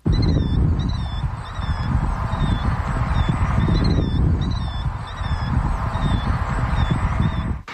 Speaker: Killdeer, which are often seen in more open spaces, make a noise that actually does sound like killdeer, killdeer.